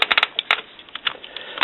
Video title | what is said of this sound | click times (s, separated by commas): CIS Sublimation Ink System For Epson WF-7110, WF-7610, WF-7620, WF-3640, WF-3620 Printers | we're going to snap it down | 0.0 s, 0.1 s, 0.5 s